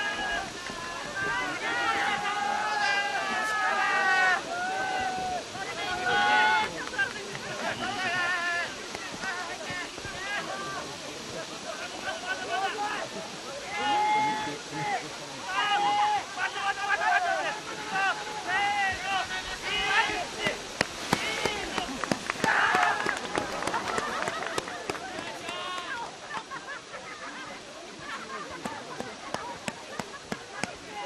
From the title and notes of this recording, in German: Bräutigamwerfen. Im der japanischen Provinz Echigo liegt der Schnee oft bis in den Mai hinein meterhoch und bedeckt Landschaft und Dörfer.